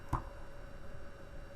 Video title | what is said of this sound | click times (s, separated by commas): What are the 4 MAJOR differences between DJI Mavic Mini & DJI Mini 2 | It just clicks back in there. | 0.1 s